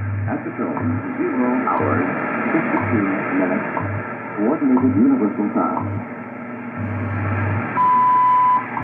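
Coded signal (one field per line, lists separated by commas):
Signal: radio time signal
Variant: WWV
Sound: male voice time announcement over static, low ticks each second, then a long 1 kHz beep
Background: radio static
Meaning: The long 1000 Hz tone marks the start of a new minute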